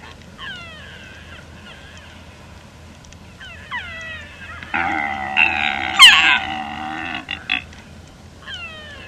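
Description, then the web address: Père David's deer calling with short high squeals that slide downward, repeated several times, and a longer rough, strained bellow in the middle. "pere davids deer"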